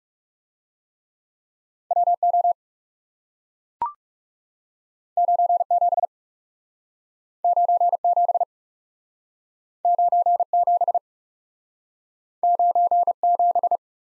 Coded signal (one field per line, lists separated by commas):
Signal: Morse code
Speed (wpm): 40 wpm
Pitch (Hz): 700 Hz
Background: none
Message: W O 9 7 9 7 9 7 9 7